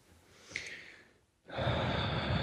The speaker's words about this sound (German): Was schnaufst du denn jetzt so?